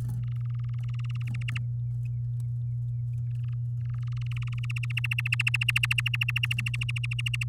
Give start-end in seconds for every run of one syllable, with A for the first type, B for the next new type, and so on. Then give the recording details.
0.22-1.23 A, 1.27-1.58 B, 3.30-3.54 A, 3.80-4.59 A, 4.63-7.44 B. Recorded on 8 May 2018 at 05:32. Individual llb16